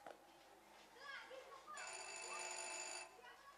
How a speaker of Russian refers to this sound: Убедившись, что на улице никого нет, поднялся на самый верх, звонит в дверь.